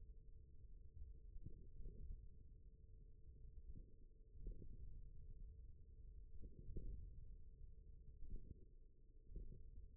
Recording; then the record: forearm muscle sounds (acoustic myography)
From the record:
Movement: thumb flexion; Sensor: system 1, eight BSWA MPA416 microphones around the upper forearm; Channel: 2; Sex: male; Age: 41 years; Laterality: right